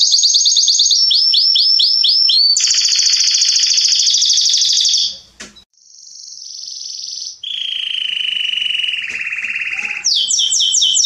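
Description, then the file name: Canary song of rapid repeated notes, a long buzzy trill, clear sustained whistles, then a lower rolling tour and quick repeated notes. "Canary Voice"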